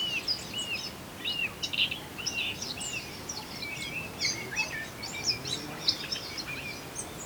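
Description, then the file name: Eurasian blackcap delivering a continuous run of quick, high, slurred chirps and warbled notes, rising and falling, with steady background noise throughout. "Sylvia atricapilla"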